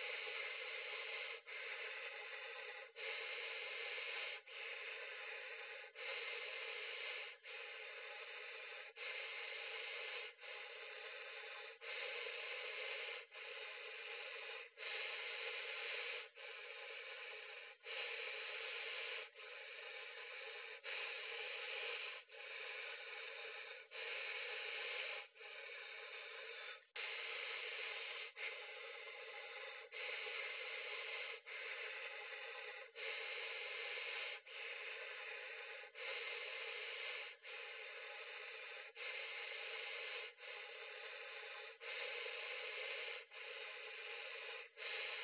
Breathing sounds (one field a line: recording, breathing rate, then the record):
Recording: paced breathing near a phone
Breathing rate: 20 breaths a minute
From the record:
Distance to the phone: 40 cm